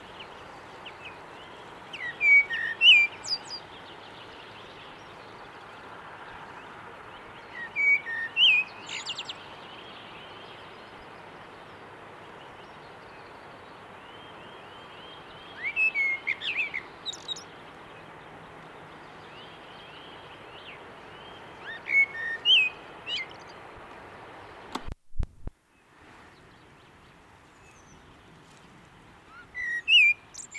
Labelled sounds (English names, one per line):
Common Blackbird song